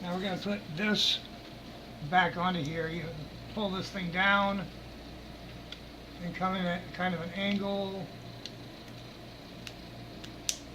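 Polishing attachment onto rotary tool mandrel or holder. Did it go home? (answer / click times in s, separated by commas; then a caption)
yes / 10.5 s. A polishing attachment for a Dremel rotary tool is pulled down at an angle onto its mandrel or holder while someone talks. A few faint ticks follow the speech, then a sharp snap at 10.5 s marks the attachment seating in place.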